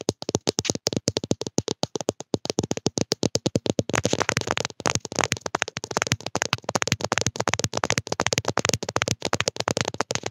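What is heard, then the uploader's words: Fingers tap rapidly on a camera body in a steady stream of sharp, dry clicks with a papery, bright edge. For the first four seconds the taps come in an even rhythm, then they speed up into a dense, almost continuous rattling patter until the end. ASMR Lo-Fi Tapping On Camera.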